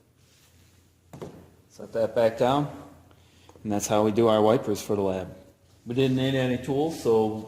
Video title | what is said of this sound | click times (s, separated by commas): Automotive Tech: Light bulb & Wiper Service | and we just push until it clicks | 1.1 s